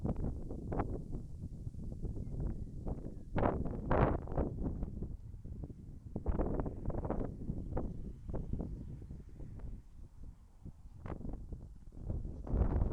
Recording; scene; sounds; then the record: everyday scene through a hearing-aid microphone; wind on the microphone; wind, traffic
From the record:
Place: in front of a rural house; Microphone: behind the ear, left, rear